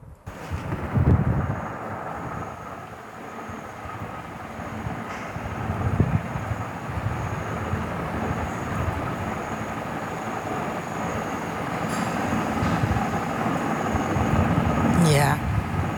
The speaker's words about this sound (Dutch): Dat is dus die ventilator, inderdaad. Het klinkt verder en, heel rustig, heel stil. Waar zitten jullie precies? Ja, we zitten ongeveer halverwege het eiland. Dat heet Piscadera.